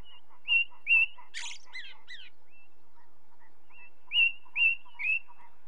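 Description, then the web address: Ring ouzel song: loud fluty piping notes repeated in short series of two to three, with a scratchy twittering phrase from another bird between them. Recorded with the song of a second bird. "BBC Sound Effects Library. Ring Ouzel"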